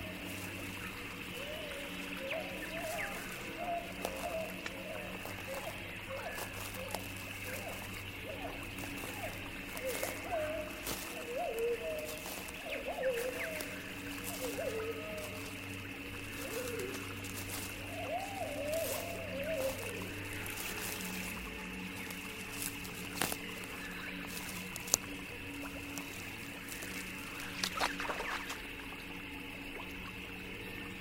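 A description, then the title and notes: An alien forest ambience with a steady low hum and high whine, strange warbling calls midway, and scattered clicks and sharp bursts throughout. Alien forest ASMR ambience. Sci-fi drone ambience.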